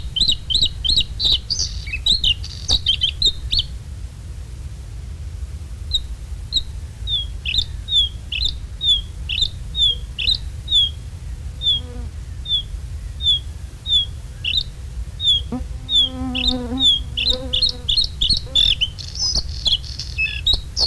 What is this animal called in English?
Bluethroat